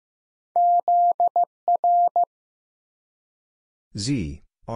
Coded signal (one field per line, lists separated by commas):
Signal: Morse code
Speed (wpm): 15 wpm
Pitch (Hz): 700 Hz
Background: none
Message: ZR